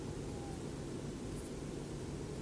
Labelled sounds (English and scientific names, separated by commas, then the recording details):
none
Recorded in France